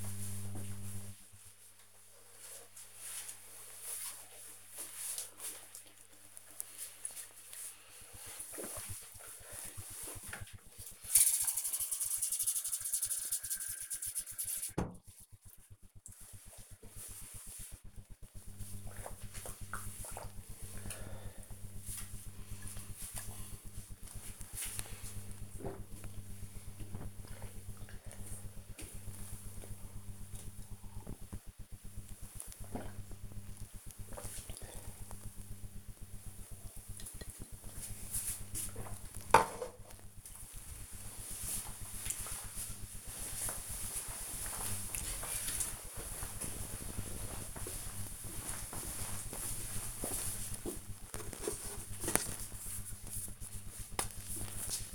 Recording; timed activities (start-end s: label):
household activities, microphone on the right wrist
1.38-38.67 s: drinking
50.74-54.95 s: cream hands